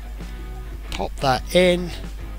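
The left handlebar grip of a scale model Harley Davidson Fat Boy motorcycle is lined up by its flat side and pushed onto the handlebar while someone talks. Nothing has seated or clicked yet.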